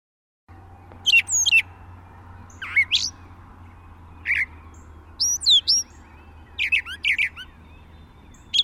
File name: suara kicauan brown thrasher. omkicau